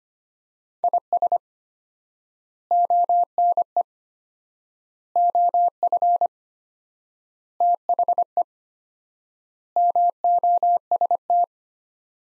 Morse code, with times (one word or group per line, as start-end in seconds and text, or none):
0.8-1.4 IS
2.7-3.8 ONE
5.2-6.3 OF
7.6-8.4 THE
9.8-11.4 MOST